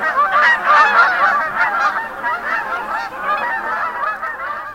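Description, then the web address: Canada Goose flock honking continuously, many overlapping nasal honks forming a dense, steady chorus. "February 2008 Canada Geese"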